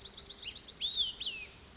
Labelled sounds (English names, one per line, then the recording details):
Olive-sided Flycatcher
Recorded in Sonoma County, California